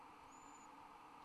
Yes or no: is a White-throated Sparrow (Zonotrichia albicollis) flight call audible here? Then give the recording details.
no. No flight call is heard. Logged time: 11:55 on 30 November 2014